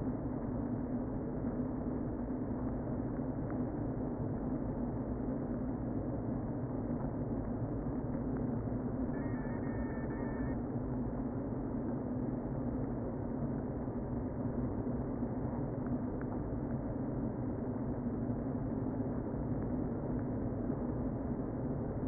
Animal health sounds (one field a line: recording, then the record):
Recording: honeybee colony, microphone inside the hive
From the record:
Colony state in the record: queen present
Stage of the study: before two queens were removed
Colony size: about 60,000 bees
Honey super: yes